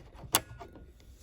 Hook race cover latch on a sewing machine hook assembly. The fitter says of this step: hear that click you should hear that click now if i've done it correctly and sometimes i haven't